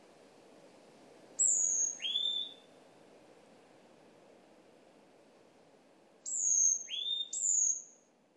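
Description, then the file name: Varied tit calls: clear, high, falling whistled notes with lower rising notes, given as one short group and then a second group after a long pause. Recorded at Miyake on 8 May 2017. "yamagara 170508 miyake kuroda"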